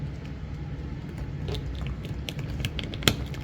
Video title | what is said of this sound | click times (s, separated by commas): REVIEW - Bandai Tamashii Nations S.H. MonsterArts Godzilla Ultima (Godzilla Singular Point) | There you go. Finally. So, you hear that click and uh boom, | 3.1 s